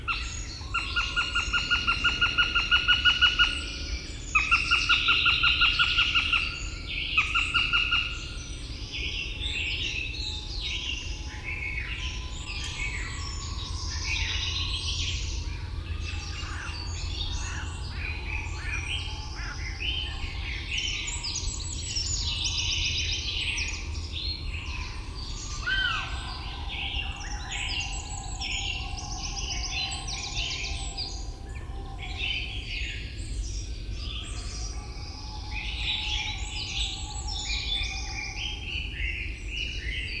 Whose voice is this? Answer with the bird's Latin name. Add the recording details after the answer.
Accipiter gentilis. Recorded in the wild. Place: Trent, Insel Rügen, Mecklenburg-Vorpommern, DE. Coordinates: 54.495, 13.302. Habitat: Forest. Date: 1977-03-27. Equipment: Nagra III BH, Sennheiser MD 21, parabola. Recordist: Schubert, Michael